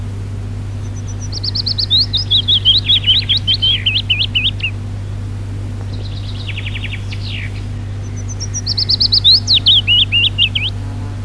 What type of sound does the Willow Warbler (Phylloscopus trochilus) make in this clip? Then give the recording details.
song. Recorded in the wild. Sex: male. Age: adult. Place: Przytocko, Pomorskie, PL. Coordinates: 54.1211, 16.8428. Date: 1965-07-05 06:40. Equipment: Grundig TK 4, BG 20/6 - 19 cm/s. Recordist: Schubert, Michael